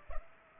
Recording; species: mosquito wingbeat signal from an infrared sensor; Culex pipiens